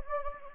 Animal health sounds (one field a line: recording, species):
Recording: mosquito wingbeat signal from an infrared sensor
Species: Anopheles gambiae